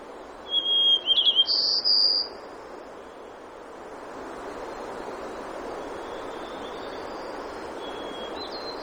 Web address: alaska acoustic highlights BIRDS DENASAN 3 20120603 020932 White-Crowned